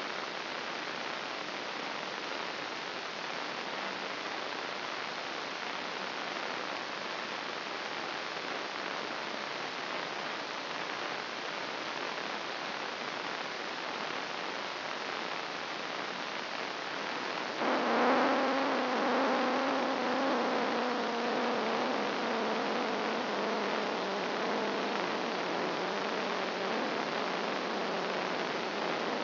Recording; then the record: brain microelectrode recording played as sound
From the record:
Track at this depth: outside the subthalamic nucleus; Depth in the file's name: 0.743 mm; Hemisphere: left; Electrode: 3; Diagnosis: Parkinson's disease